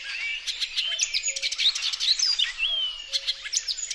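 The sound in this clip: Icterine warbler song, a fast, varied stream of high chirps, whistled slurs and buzzy notes.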